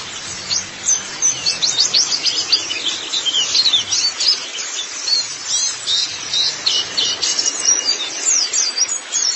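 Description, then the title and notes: White-eye song, rapid high-pitched twittering phrases of sweet, thin notes in quick bursts, repeated almost without pause. "Kicauan Burung Pleci Durasi Panjang. Suara kicauan burung pleci"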